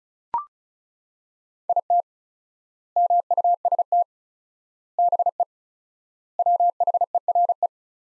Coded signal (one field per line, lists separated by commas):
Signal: Morse code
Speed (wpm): 36 wpm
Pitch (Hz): 700 Hz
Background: none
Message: IT MUST BE WHERE